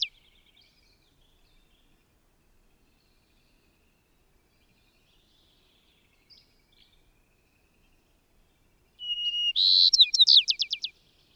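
Bird song: after long quiet with a few faint high notes, a thin steady whistle leads into a bright buzzy burst and a quick series of sharp descending notes near the end.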